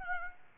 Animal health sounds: mosquito wingbeat signal from an infrared sensor; Aedes aegypti

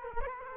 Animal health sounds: mosquito wingbeat signal from an infrared sensor; Culex quinquefasciatus

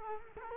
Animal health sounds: mosquito wingbeat signal from an infrared sensor; Culex quinquefasciatus

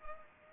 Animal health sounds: mosquito wingbeat signal from an infrared sensor; Culex pipiens

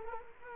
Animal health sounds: mosquito wingbeat signal from an infrared sensor; Culex quinquefasciatus

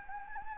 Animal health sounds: mosquito wingbeat signal from an infrared sensor; Anopheles gambiae

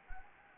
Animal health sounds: mosquito wingbeat signal from an infrared sensor; Anopheles gambiae

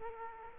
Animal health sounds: mosquito wingbeat signal from an infrared sensor; Culex quinquefasciatus

